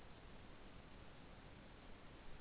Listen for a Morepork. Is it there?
no